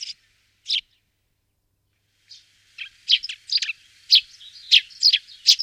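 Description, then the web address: Bird song of sharp, high chirps: two short notes at the start, a pause, then a run of bright, clipped notes from about two and a half seconds on. "bird voice"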